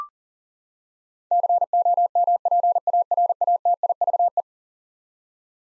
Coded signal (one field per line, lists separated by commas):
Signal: Morse code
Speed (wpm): 40 wpm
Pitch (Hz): 700 Hz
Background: none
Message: COMPARATIVE